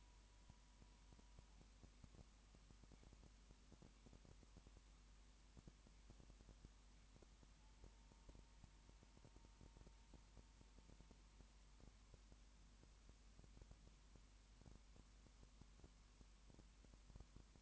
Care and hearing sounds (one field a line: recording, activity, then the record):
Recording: daily activity, microphone in the room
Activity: no activity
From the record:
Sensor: 1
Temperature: 19.2 degrees Celsius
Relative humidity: 37.9%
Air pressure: 1001.1 hPa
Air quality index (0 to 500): 198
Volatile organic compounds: 7 ppm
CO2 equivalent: 2000 ppm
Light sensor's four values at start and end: 1/2/1/1 and 1/2/1/1